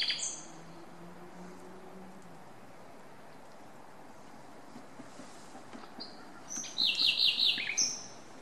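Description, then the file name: Common nightingale singing: a short high note at the start, a long silence, then a sudden burst of rapid, loud repeated notes ending in a high whistle. "Luscinia megarhynchos"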